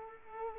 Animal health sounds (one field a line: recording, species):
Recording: mosquito wingbeat signal from an infrared sensor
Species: Culex quinquefasciatus